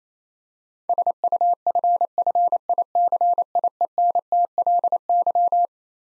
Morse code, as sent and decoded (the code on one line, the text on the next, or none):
... ..- ..-. ..-. .. -.-. .. . -. - .-.. -.--
SUFFICIENTLY